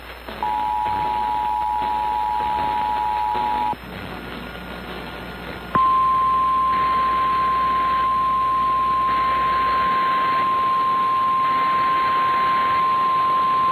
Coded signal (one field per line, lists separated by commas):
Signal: Emergency Alert System (SAME) tones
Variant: 853 and 960 Hz attention tone